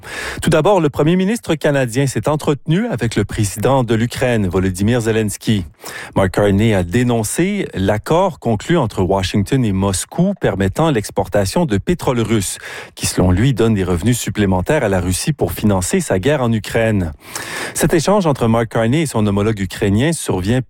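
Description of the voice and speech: Adult male radio newsreader reading a French-language news bulletin in Rimouski. Typical speech.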